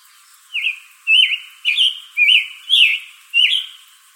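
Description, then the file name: Scarlet tanager song: six buzzy, burry phrases in a regular run, each a short down-up slur, about two per second. Arizona, 22 June 2012. "SCTA stejskal"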